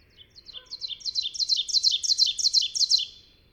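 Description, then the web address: Ovenbird song, a rapid series of repeated high two-note phrases that grow louder over the first second and a half, hold steady, then stop abruptly. "Songs of Birds of North America Know Your Bird Sounds Common Western Species. Ovenbird"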